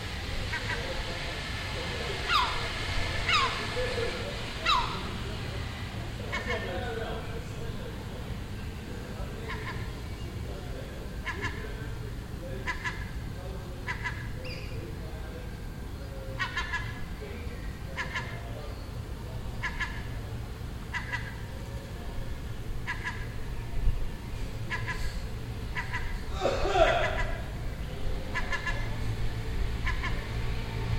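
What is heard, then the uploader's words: Seagulls call in short, mewing cries through the whole stretch, often in quick clusters, over a steady low rumble that never lets up. This seagull had a nest on the roof next door and it was making these sounds all day for a week. Seagull Chatter.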